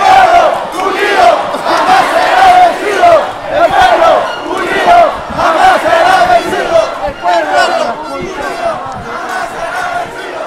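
A crowd mobilizing over the announced closure of Peru's Congress, many voices shouting and chanting together in a dense, continuous roar. The chanting rises and falls in rhythmic bursts throughout, with no pauses, and individual shouts cut through now and then.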